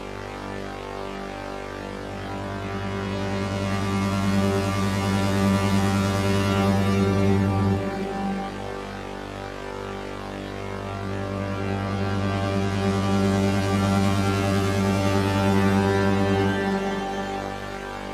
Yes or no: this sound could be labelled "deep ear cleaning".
no